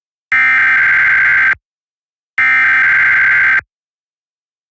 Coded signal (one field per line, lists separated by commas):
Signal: Emergency Alert System (SAME) tones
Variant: header bursts